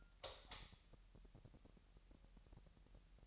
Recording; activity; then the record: daily activity, microphone in the room; light on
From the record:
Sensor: 3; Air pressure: 1001.9 hPa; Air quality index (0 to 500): 244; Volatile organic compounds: 46 ppm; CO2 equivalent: 3246 ppm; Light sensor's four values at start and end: 6/13/5/5 and 12/31/14/13